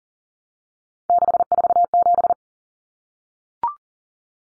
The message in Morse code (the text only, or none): 647